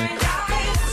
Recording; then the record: coughing mixed with background sound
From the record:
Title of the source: female coughing - coughing sound effects girl